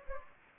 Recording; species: mosquito wingbeat signal from an infrared sensor; Anopheles gambiae